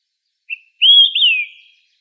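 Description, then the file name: Olive-sided flycatcher song: a short clipped note, then a loud rising whistle and a sliding, falling whistle, the three-part phrase given once. Recorded 19 June 2004. "OSFL 1 deviche"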